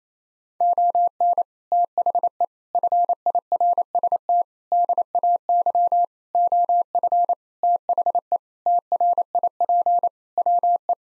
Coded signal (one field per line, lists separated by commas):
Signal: Morse code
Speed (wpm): 28 wpm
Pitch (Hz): 700 Hz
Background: none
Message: ON THE FIRST DAY OF THE TRIP WE